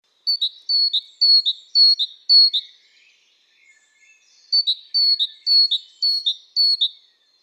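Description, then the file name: Great tit giving two runs of about five bright two-part high notes, steady and evenly spaced, separated by a short pause with faint lower twitters. "Parus major"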